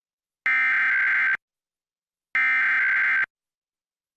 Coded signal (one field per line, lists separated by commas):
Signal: Emergency Alert System (SAME) tones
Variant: header bursts